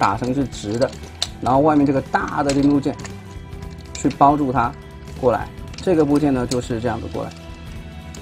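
Someone talks while handling the leg of a Magic Square MS-02 Light of Peace Optimus Prime transforming robot figure: the small chromed part is straightened and the large chromed part is brought around to wrap it, with the plastic leg panel moved toward the leg tab. Faint handling noises sit under the voice, and nothing has seated or clicked yet.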